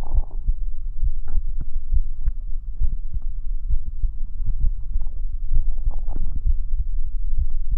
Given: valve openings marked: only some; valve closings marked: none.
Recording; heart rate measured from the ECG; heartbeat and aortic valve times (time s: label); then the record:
heart sounds by stethoscope; 66 bpm
0.17 s: heartbeat (ECG mark)
0.23 s: aortic valve opens (echo mark)
1.06 s: heartbeat (ECG mark)
1.11 s: aortic valve opens (echo mark)
1.95 s: heartbeat (ECG mark)
2.01 s: aortic valve opens (echo mark)
2.83 s: heartbeat (ECG mark)
2.88 s: aortic valve opens (echo mark)
3.72 s: heartbeat (ECG mark)
3.77 s: aortic valve opens (echo mark)
4.63 s: heartbeat (ECG mark)
4.68 s: aortic valve opens (echo mark)
5.55 s: heartbeat (ECG mark)
5.60 s: aortic valve opens (echo mark)
6.48 s: heartbeat (ECG mark)
6.53 s: aortic valve opens (echo mark)
7.40 s: heartbeat (ECG mark)
From the record:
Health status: healthy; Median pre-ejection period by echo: 56 ms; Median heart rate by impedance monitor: 66 bpm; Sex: male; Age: 40 years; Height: 179 cm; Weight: 76 kg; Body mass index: 23.72